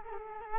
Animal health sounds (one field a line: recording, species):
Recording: mosquito wingbeat signal from an infrared sensor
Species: Culex quinquefasciatus